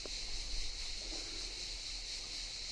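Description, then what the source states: Cicadas make a steady, continuous high buzz that holds without a break, over a soft wash of water lapping against rocks. Heard in the morning on a beach in the Brégançonnet cove, from the shaded side on the rocks, with the sound of water on the rocks.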